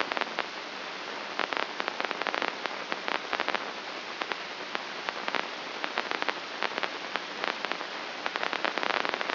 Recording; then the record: brain microelectrode recording played as sound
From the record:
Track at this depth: outside the subthalamic nucleus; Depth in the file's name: 6.229 mm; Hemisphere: left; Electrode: 2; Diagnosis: Parkinson's disease